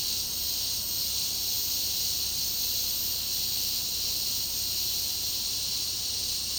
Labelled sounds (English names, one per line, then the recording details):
none
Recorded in secondary vegetation near Puerto Asís, Putumayo, Colombia, on 19 February 2024 at 09:30
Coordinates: 0.489, -76.322
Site G6419